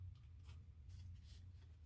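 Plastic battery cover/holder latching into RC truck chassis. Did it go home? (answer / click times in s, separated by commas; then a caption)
no / none. The plastic battery cover on an Ingqu XLF-01 1/12-scale RC monster truck chassis is flipped over and slid into place after the battery pack is set onto its foam pad. Soft scraping and rustling handling noises are heard over a steady low hum. Nothing has seated or clicked yet.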